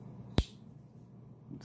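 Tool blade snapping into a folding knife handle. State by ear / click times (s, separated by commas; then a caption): seated / 0.4 s. A tool blade on a Marbles Workman MR265 folding knife is closed, and the backspring snaps it home into the handle with one loud, sharp click at 0.4 s. The blade seats firmly with a crisp click, followed by a quiet background and a faint softer sound near 1.6 s.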